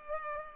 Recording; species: mosquito wingbeat signal from an infrared sensor; Culex pipiens